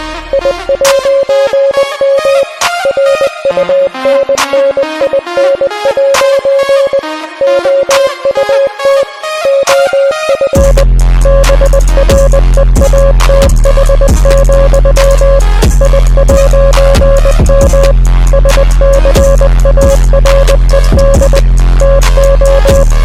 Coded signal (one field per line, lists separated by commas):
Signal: Morse code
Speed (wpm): 20 wpm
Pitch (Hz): 550 Hz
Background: music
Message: I'M RUNNIN' OUT OF BREATH, I'M SCARED TO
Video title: I translated Head Up by The Score to morse code (DESC)